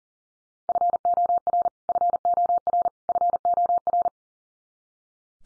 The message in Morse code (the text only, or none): FOR FOR FOR